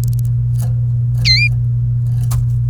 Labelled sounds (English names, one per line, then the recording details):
Domestic Canary song
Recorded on 28 April 2018 at 07:31
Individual llb3